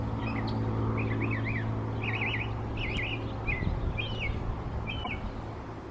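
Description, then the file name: Northern mockingbird singing a series of short warbled, wavering phrases against steady low background noise. On 17 April 2024. "northern mockingbird old south cemetery"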